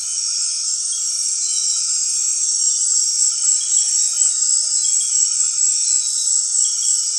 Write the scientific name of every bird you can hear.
none